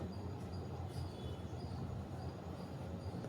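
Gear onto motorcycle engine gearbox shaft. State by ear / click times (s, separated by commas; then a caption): not seated / none. A gear is fitted onto the gearbox transmission shaft of a Hero Splendor BS6 motorcycle engine during engine assembly. Steady low-frequency noise runs throughout, with only a faint short hit near 3.2 s. The gear has not seated and no seating click is heard; it is suspected not to have seated properly.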